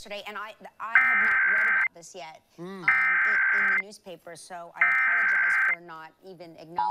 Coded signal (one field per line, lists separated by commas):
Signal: Emergency Alert System (SAME) tones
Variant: header bursts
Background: speech